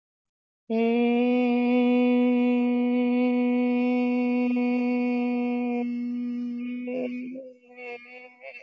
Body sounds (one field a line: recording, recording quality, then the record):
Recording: sustained vowel as in made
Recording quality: excellent, no background noise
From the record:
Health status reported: healthy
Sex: female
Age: 54 years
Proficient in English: yes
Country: India